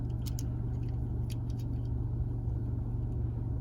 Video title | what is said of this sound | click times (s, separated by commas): VAVA Dual Cam front and rear dash camera On 2019 Toyota Camry ! STEP BY STEP INSTALLATION !!!!!! | it should click in there you go | 0.4 s